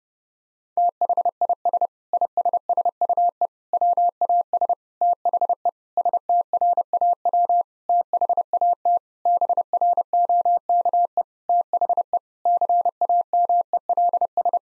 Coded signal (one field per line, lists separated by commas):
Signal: Morse code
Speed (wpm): 30 wpm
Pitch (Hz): 700 Hz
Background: none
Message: THIS ISSUE WAS THE STRAW THAT BROKE THE CAMELS